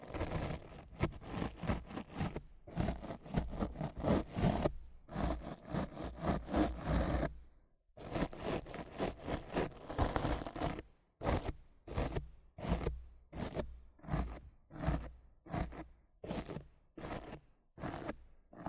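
Rough scratching and brushing against a microphone, made in quick repeated strokes with a raspy, bright edge. The first half is dense, with near-continuous scraping and brief pauses around 5 and 8 seconds. Later the strokes turn sharper and more separated, coming in a steady rhythm.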